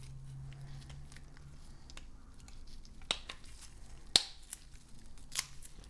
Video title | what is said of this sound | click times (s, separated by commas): How To Replace Samsung S25 FE Loudspeaker - Step-by-Step FIX! | Press until you hear a click and it is time to screw in all the screws. | 4.2 s